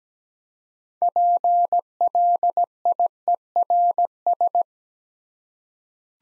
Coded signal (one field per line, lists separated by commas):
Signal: Morse code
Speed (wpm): 17 wpm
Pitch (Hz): 700 Hz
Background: none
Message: PLIERS